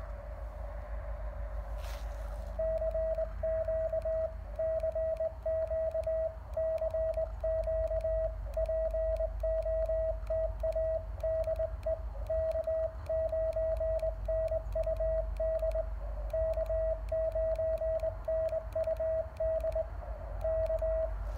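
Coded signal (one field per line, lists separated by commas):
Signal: Morse code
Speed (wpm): 21 wpm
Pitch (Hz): 640 Hz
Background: radio noise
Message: CQ CQ CQ POTA DE K9NUD K9NUD K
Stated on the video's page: Park activation worked with a cootie key: Elecraft KX1 and KXPD1 paddles in cootie mode, a home-brew end-fed half-wave antenna, and a DSP filter.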